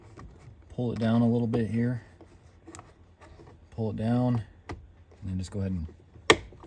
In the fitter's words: snap that back in and